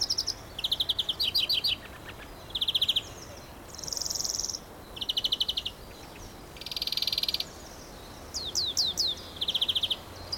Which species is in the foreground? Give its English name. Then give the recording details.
European Greenfinch. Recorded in the wild. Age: adult. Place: Friedhof Niederschönhausen III, Berlin, DE. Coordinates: 52.571, 13.386. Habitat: Stadtfriedhof. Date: 1992-04-12 11:45. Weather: heiter, 16°C. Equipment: Nagra SN, Mikrofon AKG CK 8, Kopie Tesla B 116. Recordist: Tembrock, Günter. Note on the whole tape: Friedhof III; Gesang mit Rufreihen